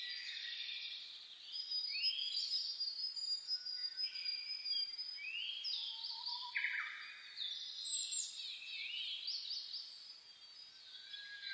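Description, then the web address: Birds in chorus, steady overlapping trills and whistled upslurs, with repeated high phrases and a low whistled note partway through. Dawn chorus (reimei) of birdsong (saezuri), recorded 10 May 2010. "reimei -saezuri-20100510-0401"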